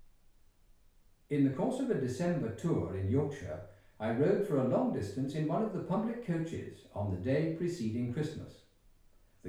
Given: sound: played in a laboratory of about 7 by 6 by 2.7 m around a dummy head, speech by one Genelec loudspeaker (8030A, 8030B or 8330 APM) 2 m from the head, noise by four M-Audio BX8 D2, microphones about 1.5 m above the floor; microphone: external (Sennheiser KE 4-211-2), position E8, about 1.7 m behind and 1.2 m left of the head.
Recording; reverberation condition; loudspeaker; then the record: male speech in English; medium; 90 degrees to the left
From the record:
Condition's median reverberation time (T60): about 510 ms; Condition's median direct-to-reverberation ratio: about -0.5 dB